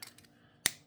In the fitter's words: It snaps in place very securely.